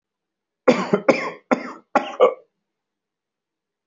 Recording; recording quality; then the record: heavy voluntary cough; excellent, no background noise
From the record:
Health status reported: healthy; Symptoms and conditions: none ticked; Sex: male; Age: 50 years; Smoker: not ticked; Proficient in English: yes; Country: India